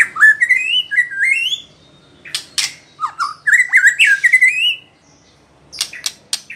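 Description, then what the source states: White-rumped shama song: bright whistled phrases rising stepwise, broken by harsh clicks, with a brief pause before a final burst of ticks. Female.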